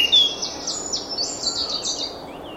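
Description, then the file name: Eurasian blackcap giving a quick, scratchy warble of high, varied notes that slide up and down, with a steady hiss of background noise throughout. "Sylvia atricapilla"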